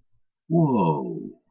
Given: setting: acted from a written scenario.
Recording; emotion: vocal sound without words; realization